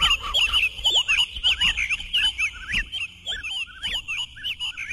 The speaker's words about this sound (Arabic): إنني لو أنشدت لك أيها الذئب، أرأيت هذه الطيور؟